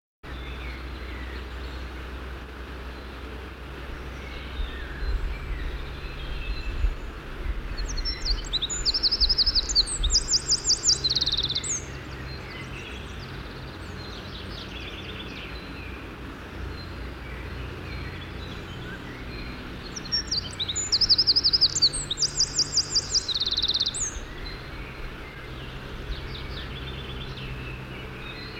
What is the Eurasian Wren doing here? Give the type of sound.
song